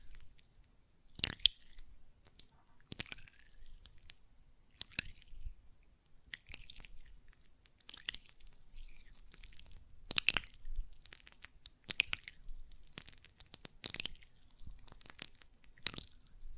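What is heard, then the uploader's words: Hands work gel lotion in wet, sticky squishes and smacks, sharp bursts roughly every second or two over a quiet background. ASMR Gel Lotion Hand Sounds (No Talking).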